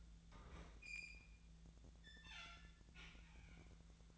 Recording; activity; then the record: daily activity, microphone in the room; open fridge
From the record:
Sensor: 3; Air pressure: 1009.6 hPa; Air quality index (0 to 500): 193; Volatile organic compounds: 15 ppm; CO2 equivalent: 2516 ppm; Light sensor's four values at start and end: 36/91/39/41 and 37/91/39/42